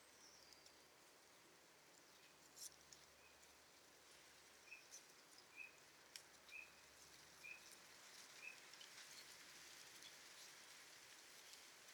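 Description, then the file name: Great tit call: five short, clear notes spaced about a second apart, heard through steady rain. "Parus major"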